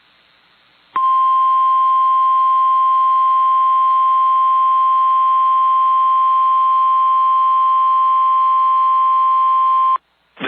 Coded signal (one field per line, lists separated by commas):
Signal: Emergency Alert System (SAME) tones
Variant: 1050 Hz attention tone